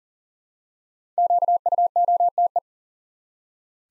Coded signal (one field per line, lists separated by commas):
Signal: Morse code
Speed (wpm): 40 wpm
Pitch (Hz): 700 Hz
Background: none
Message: QUOTE